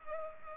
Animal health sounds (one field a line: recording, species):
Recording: mosquito wingbeat signal from an infrared sensor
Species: Culex pipiens